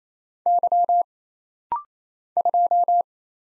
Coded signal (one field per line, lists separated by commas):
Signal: Morse code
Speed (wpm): 27 wpm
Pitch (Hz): 700 Hz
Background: none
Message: Y 2